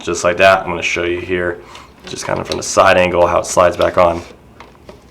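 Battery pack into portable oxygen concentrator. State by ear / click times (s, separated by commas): not seated / none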